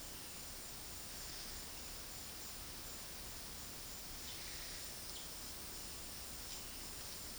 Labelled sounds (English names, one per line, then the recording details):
none
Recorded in dense forest near Puerto Asís, Putumayo, Colombia, on 19 February 2024 at 12:30
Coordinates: 0.481, -76.318
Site G6421